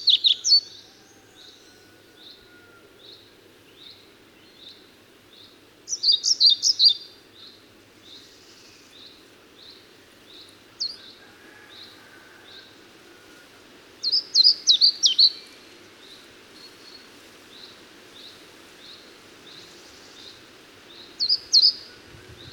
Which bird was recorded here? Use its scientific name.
Ficedula hypoleuca